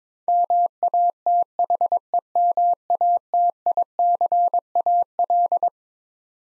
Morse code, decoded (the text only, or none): MATHEMATICAL